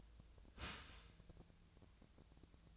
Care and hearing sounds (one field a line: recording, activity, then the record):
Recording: daily activity, microphone in the room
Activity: start toaster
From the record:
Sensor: 2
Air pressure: 1000.0 hPa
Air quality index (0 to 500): 150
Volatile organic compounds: 2 ppm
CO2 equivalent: 1265 ppm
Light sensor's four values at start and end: 25/64/27/29 and 25/64/27/29